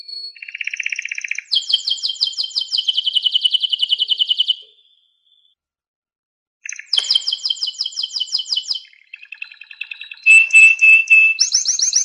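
Canary song: a rapid sequence of trilled tours, buzzy rolls and sweet whistles, a pause of about two seconds, then more fast trills and bright notes.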